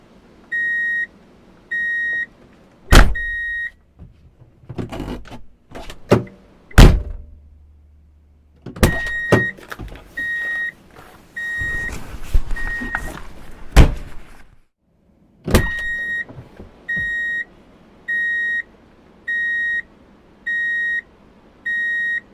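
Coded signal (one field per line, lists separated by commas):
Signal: alarm pattern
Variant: vehicle reversing beeper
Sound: evenly spaced high beeps about once a second, with clunks and motor noises between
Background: vehicle mechanical noises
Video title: Drive in Reverse Beep Alert - Sound Effect [4K]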